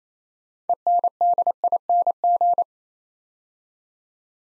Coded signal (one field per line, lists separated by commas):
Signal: Morse code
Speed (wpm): 27 wpm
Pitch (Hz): 700 Hz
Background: none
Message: ENDING